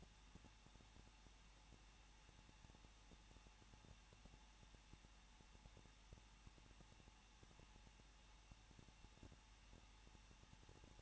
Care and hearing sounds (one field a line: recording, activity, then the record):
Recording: daily activity, microphone in the room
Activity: no activity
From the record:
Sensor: 1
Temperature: 20.1 degrees Celsius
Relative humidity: 39.1%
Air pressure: 1006.3 hPa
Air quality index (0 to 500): 217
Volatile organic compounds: 76 ppm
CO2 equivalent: 3573 ppm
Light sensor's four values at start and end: 1/2/1/1 and 1/2/1/1